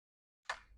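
A Glock 23 MOS Gen 5 pistol is re-holstered once more into a T Rex Arms Sidecar 2.0 appendix holster to repeat the click. After near silence, a single sharp click at 0.5 s rings briefly and fades. The pistol clicks into the holster retention and is seated.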